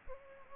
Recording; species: mosquito wingbeat signal from an infrared sensor; Culex pipiens